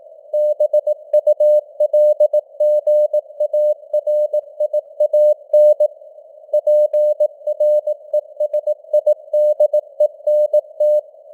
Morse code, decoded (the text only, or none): BULGARIAN PRESIDENT